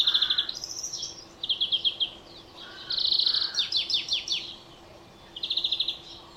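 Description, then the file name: European greenfinch delivering a varied twittering sequence: rapid trills, slurred notes, then a string of descending chirps and another trill. "Chloris chloris"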